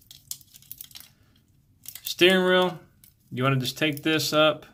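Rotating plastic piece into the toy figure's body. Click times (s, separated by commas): 0.3 s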